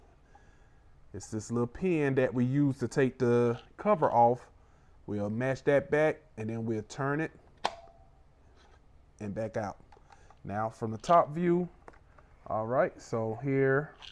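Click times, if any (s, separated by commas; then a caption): 7.7 s. Someone talks while pressing the little locking pin on the Bowens mount of an Aputure Amaran 60D 5600K LED video light, then turns the cover back to remove it. One sharp click is heard at 7.7 s as the cover unlocks and twists off the mount.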